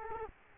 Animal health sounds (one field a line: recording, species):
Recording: mosquito wingbeat signal from an infrared sensor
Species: Culex quinquefasciatus